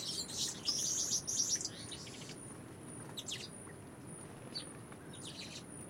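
Orange weaver calls: a burst of high, thin chirps and short sizzling notes in the first two seconds, then scattered faint chips over a low steady background hiss.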